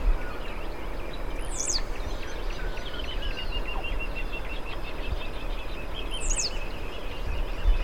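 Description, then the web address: Blue-black grassquit song: a short, sharp, buzzy high note that drops quickly, given twice about five seconds apart, over steady twittering and constant low noise. "cantos volatinero"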